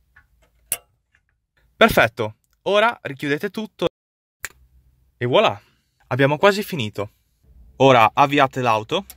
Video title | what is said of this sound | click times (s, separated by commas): [ENG SUB] TUTORIAL PRESA AUX su Blue&Me 1.0 (Fiat/Lancia/Audi) (Blaupunkt/Delphi/Grundig) - ITA | bene e collegate sentirete un piccolo click perfetto | 0.7 s